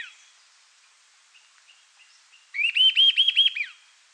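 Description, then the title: Eastern sirystes calling, a rapid series of about six clear, rising-falling whistled notes lasting one second, preceded by faint soft notes. "LuckyPassaro Completos2Sama. Eastern Sirystes (Sirystes sibilator)"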